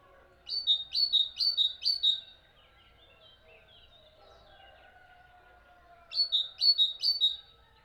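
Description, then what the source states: Bird chirping: a burst of four quick two-note chirps, then a few seconds of faint twittering, then three more two-note chirps. Birds chirping at dawn.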